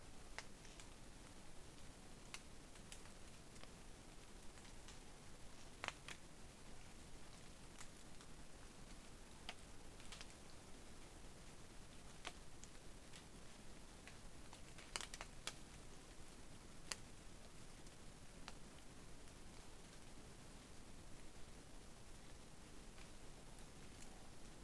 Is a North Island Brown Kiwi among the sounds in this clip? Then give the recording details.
no. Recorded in New Zealand on 8 January 2015. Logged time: 01:58. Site BX23